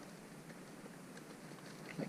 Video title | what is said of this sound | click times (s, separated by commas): 2013 FORD ESCAPE (DRIVER INFORMATION CENTER) INSTRUMENT CLUSTER BLANK SCREEN/DISPLAY MESSAGE CENTER. | Make sure that this tab locks into place like that | 1.9 s